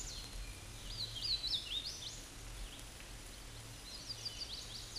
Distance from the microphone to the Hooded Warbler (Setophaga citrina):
about 20 m